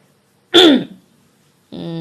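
A single short, gruff throat clearing lasting about half a second, followed by a brief pause before a voice begins speaking.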